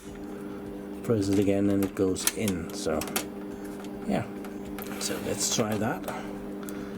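Someone talks over a steady low hum while trying to fit the end of a server rail for an IBM System x3550 M2, M3 or M4 into the holes of a rack post, with a few brief sharp knocks near the end. The rail fails to fit into the rack, and nothing has seated or clicked yet.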